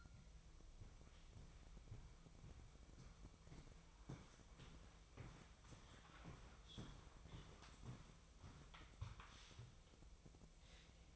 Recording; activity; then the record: daily activity, microphone in the room; walk to room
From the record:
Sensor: 1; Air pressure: 999.4 hPa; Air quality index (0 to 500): 197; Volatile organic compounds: 39 ppm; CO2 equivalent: 3130 ppm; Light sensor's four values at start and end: 9/23/9/10 and 9/22/9/9